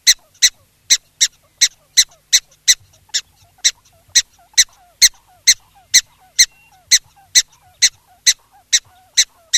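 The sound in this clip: Black-tailed prairie dog giving sharp, high chirping barks, repeated steadily about two times per second throughout, with faint softer squeaks between them.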